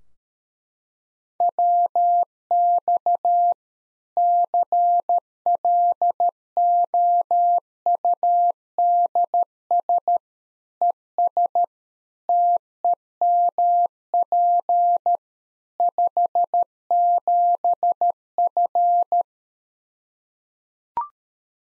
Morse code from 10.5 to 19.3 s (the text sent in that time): ES TEMP 57F